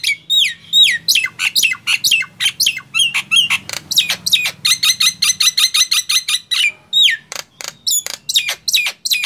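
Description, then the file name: Nias hill myna singing a fast, uneven series of sharp squawks and bent whistles, with a rapid chattering run in the middle and a faint low hum underneath. "suara jalak nias"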